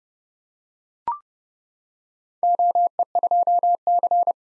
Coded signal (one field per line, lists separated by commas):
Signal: Morse code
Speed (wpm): 29 wpm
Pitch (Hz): 700 Hz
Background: none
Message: OE2C